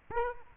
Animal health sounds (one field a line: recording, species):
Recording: mosquito wingbeat signal from an infrared sensor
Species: Aedes aegypti